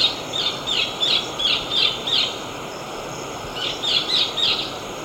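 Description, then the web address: Olive tanager song: two bursts of quick, chirpy high notes, about six in the first run, then a pause and a shorter run of four, over steady background hiss. Recorded in Ecuador. "Birds of Ecuador. Olive Tanager"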